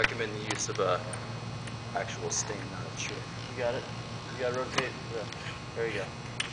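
A connector on a 4x6 ft display tower frame is handled and rotated to join the frame parts, while someone talks over a steady low hum. Short handling knocks and taps are heard, including a sharp one near 6.4 s, but nothing has seated or clicked yet.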